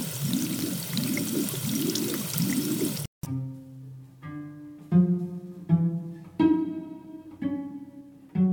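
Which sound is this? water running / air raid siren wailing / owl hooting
water running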